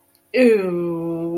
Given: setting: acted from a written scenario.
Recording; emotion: vocal sound without words; contempt